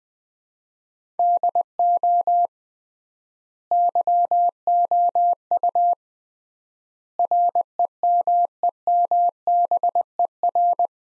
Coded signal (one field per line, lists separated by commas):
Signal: Morse code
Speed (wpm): 21 wpm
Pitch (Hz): 700 Hz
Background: none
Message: DO YOU REMEMBER